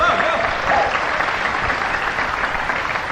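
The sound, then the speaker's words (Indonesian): A crowd applauds Novi Budianto, musician of Teater Gandrik, steadily throughout, a dense, even clatter of many hands clapping, with a few faint whistles or voices rising briefly near the start. “Novi Budianto, tepuk tangan.”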